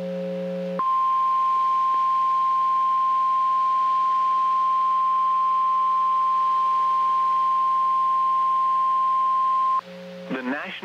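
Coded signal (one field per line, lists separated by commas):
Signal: Emergency Alert System (SAME) tones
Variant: 1050 Hz attention tone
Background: speech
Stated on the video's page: Severe thunderstorm watch SAME tones relayed by weather radio station for Portales, New Mexico.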